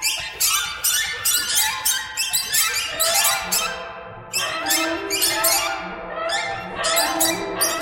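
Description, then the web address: Bird calls, harsh squeaking notes repeated in uneven clusters with a short quieter stretch in the middle. "soundfactory birds"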